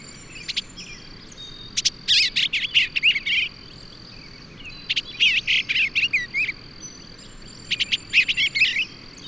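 Bird singing dense buzzy, chattering phrases in a few clusters of about a second each, with a continuous high whine in the background.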